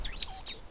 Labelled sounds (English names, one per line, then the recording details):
Stitchbird song
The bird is a male
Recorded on Tiritiri Matangi Island, New Zealand, in 2005
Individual 8, of nest box 10